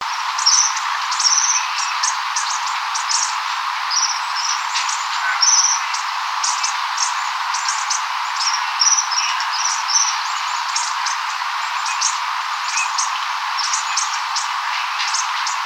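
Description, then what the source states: American bushtit flock calling: many thin, high twittering notes, short and overlapping, scattered throughout over a steady background hiss. Calls from a flock.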